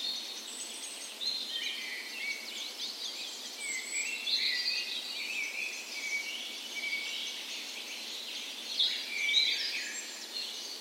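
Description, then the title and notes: Birds singing together at dawn, layered high warbles and trills running throughout, with a few brighter chirps standing out near the end. Dawn chorus in a park west in Bergen, Norway, on the morning of 17 May, Norway's National Day, in spring; recorded on a Sony PCM A10 with LOM Usi microphones used as tree ears. "17th Of May Dawn Chorus. Recorded on the morning of Norways National Day the 17th of May in a park west in Bergen. Spring is in full effect, and the dawn chorus sounds wonderful!"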